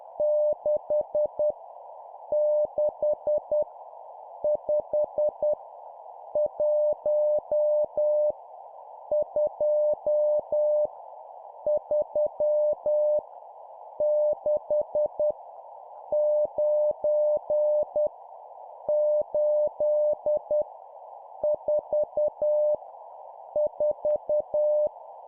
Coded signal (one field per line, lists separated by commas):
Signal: Morse code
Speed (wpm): 10 wpm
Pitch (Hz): 600 Hz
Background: none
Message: 6 6 5 1 2 3 6 9 8 4 4